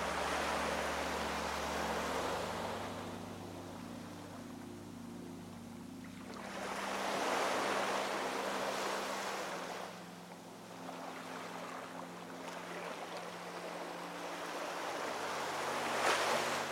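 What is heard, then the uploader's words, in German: Waves wash in and out in slow surges around two, seven and twelve seconds, over soft, steady low music tones held beneath. Der Klang eines STRANDES mit Sanfter MUSIK. Der beruhigende Klang der Wellen harmonisch mit sanfter Musik verschmilzt.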